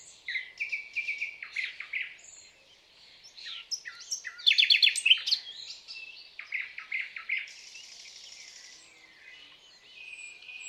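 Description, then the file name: Common nightingale song: varied phrases of rapid chirps and trills separated by short pauses, with a loud, buzzy burst of notes in the middle. "Luscinia megarhynchos"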